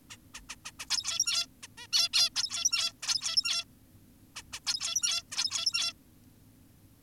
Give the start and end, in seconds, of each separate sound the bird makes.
0.10-0.17, 0.34-0.41, 0.50-0.56, 0.65-0.72, 0.80-0.86, 0.90-1.46, 1.63-1.67, 1.78-1.87, 1.93-2.09, 2.14-2.30, 2.36-2.93, 3.03-3.64, 4.36-4.43, 4.53-4.60, 4.67-5.23, 5.32-5.93